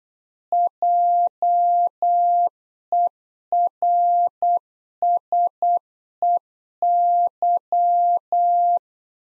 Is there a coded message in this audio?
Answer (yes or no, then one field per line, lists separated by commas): yes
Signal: Morse code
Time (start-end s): 0.5-8.8 s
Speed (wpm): 8 wpm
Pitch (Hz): 700 Hz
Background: none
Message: JERSEY